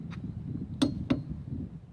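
A click-type torque wrench with a 1/2 in drive, a 1 in extension and a deep well socket is pushed down to tighten a lug nut on a car wheel. Two sharp clicks sound at 0.8 s and 1.1 s, over a low background rumble. The clicks confirm the wrench has reached its torque setting, the signal to stop tightening.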